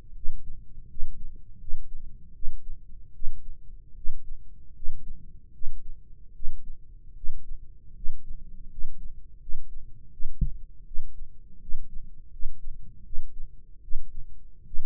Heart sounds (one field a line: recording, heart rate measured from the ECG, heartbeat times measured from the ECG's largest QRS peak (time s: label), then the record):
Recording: heart sounds by microphone in the right ear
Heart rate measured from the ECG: 79 bpm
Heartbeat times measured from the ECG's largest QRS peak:
0.13 s: heartbeat
0.87 s: heartbeat
1.58 s: heartbeat
2.32 s: heartbeat
3.12 s: heartbeat
3.94 s: heartbeat
4.73 s: heartbeat
5.51 s: heartbeat
6.32 s: heartbeat
7.14 s: heartbeat
7.93 s: heartbeat
8.68 s: heartbeat
9.39 s: heartbeat
10.10 s: heartbeat
10.84 s: heartbeat
11.59 s: heartbeat
12.30 s: heartbeat
13.03 s: heartbeat
13.80 s: heartbeat
14.64 s: heartbeat
From the record:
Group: healthy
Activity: cold pressor test 0-7 s, rest 7-15 s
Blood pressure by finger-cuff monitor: 137/85 mmHg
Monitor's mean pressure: 101 mmHg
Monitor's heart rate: 79 bpm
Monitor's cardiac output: 6.6 L/min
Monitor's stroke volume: 81 mL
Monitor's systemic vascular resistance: 1130 dyn s/cm5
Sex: male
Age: 21 years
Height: 180 cm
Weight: 67.5 kg